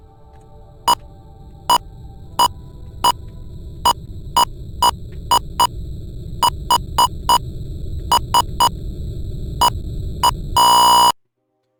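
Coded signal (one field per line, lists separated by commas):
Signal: none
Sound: arcade game sound beeps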